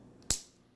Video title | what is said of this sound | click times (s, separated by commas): The Best Microbrand I've Ever Reviewed And WOTY 2018! - Monta Triumph 150m Swiss Auto Unbox & Review | that click you probably heard that there | 0.3 s